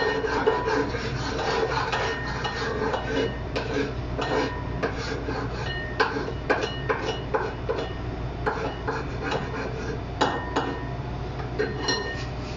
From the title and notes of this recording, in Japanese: 納豆オムレツを混ぜる。納豆オムレツを混ぜている音～焼いている最中の音。